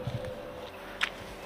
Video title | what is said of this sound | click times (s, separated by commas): VLOG-4 - Hidden Features of Smart Key - Remote Engine Start/Stop - Kia Sonet HTX iMT 2021 | जैसे आप इसको बंद करेंगे इट विल बी लॉक्ड, ये ब्लिंक करेगा सिग्नल्स और ये बूट आपका लॉक हो जाएगा। | 1.0 s